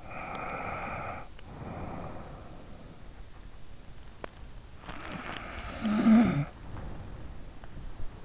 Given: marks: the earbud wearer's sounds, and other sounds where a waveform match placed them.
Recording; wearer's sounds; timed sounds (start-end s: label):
sounds in sleep by an in-ear microphone; breath, snoring breath
0.00-2.91 s: breath
4.28-7.37 s: snoring breath